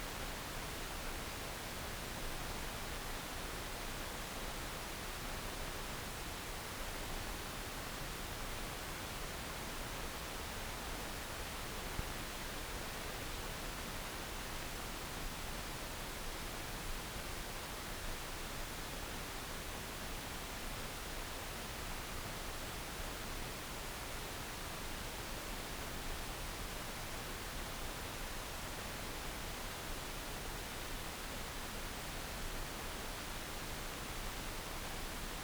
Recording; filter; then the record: brain microelectrode recording played as sound; wide band, above 20 Hz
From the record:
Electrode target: subthalamic nucleus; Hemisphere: left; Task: reaching with the right hand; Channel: 2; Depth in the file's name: 0.251 mm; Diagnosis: Parkinson's disease